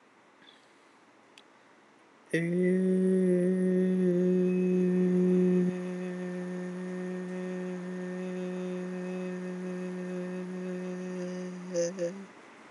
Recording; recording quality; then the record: sustained vowel as in made; excellent, no background noise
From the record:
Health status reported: healthy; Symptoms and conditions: diabetes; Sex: male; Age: 32 years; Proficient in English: yes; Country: India